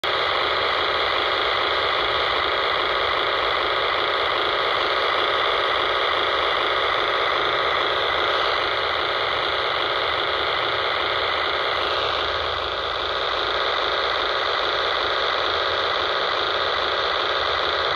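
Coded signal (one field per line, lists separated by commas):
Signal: digital voice data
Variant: P25 control channel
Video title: 153.170 MHz - First Energy P25 Trunking System Fork Mountain CC - System ID 89A NAC 89A WACN 01DB6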